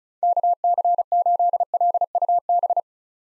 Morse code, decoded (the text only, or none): KC8LUB